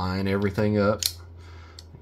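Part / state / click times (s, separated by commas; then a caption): base pin detent into revolver frame, holding the swapped cylinder / seated / 1.8 s. Someone talks while lining up the parts of a Heritage Rough Rider single-action revolver with a 4.75 in barrel, chambered in 22LR/22WMR, then pushes the cylinder base pin home on the swapped 22 mag cylinder. The spring-loaded base pin detent snaps back into place in the revolver frame with a small metallic click at 1.8 s, seating the pin and holding the 22 mag cylinder.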